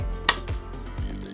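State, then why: Seated. A sensor cable connector is plugged into the socket of a VARIOS lab instrument and clicks into place with one sharp, loud mechanical snap at 0.3 s. Quieter low thumps and faint background music-like tones surround it. The connector is seated.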